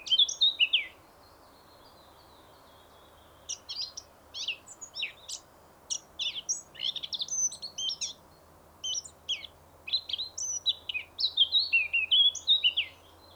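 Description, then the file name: Eurasian blackcap song: a short phrase, a pause, then a long scratchy chattering warble ending in louder clear whistled notes. "Sylvia atricapilla"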